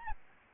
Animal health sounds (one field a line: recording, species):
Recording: mosquito wingbeat signal from an infrared sensor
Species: Aedes albopictus